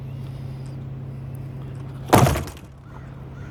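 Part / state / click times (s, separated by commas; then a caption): hard folding bed cover panel into truck bed rail / seated / 2.1 s. A section of a BAKFlip F1 hard folding bed cover on a 2016 Ford F-150 XLT Sport SuperCrew 2.7L is lowered onto the truck bed rails over a steady low hum. At 2.1 s it drops into its locked position with a sharp, loud clunk that rings briefly before fading, and the section is seated and locked in place.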